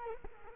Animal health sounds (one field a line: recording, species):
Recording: mosquito wingbeat signal from an infrared sensor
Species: Culex quinquefasciatus